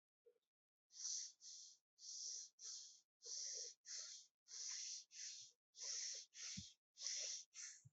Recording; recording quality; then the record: shallow breathing; excellent, no background noise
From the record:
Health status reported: exposed to COVID-19, no respiratory illness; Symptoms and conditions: diabetes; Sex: male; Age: 35 years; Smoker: not ticked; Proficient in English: yes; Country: India